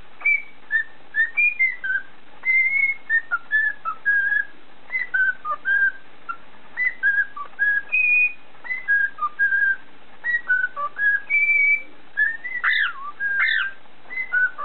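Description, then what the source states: Cockatiel giving a busy run of short whistled notes, mostly level or gently bending, with a few higher swooping whistles near the end. Whistled tune (siulan) of a cockatiel.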